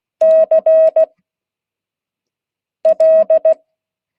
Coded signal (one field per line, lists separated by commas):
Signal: Morse code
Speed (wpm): 16 wpm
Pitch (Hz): 640 Hz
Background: none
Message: CL